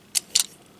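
After some trouble, a plastic part of a 2003 Hasbro Armada Nemesis Prime transforming robot figure from the Unicron Trilogy is pushed into its final position. A brief bright clack at 0.2 s is followed by a louder, sharp plastic click at 0.4 s as the part seats home.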